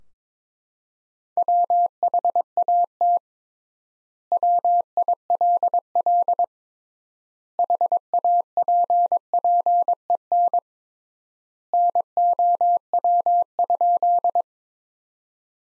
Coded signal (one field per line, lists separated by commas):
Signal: Morse code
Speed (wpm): 22 wpm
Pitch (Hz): 700 Hz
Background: none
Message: WHAT WILL HAPPEN NOW?